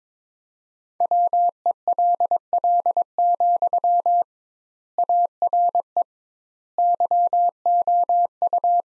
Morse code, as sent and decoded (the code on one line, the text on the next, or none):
.-- . .-.. .-.. --..-- / .- .-. . / -.-- --- ..-
WELL, ARE YOU